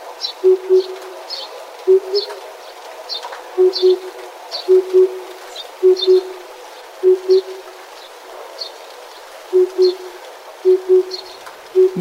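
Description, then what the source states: Oriental cuckoo giving low hollow double notes over and over at a regular pace, against a busy background of hiss and many high bird calls. Miyake-jima, Tokyo, Japan.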